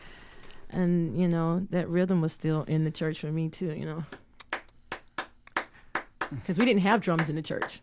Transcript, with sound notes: And, you know, that rhythm was still in the church for me too, you know.
(SOUNDBITE OF CLAPPING)
Because we didn't have drums in the church.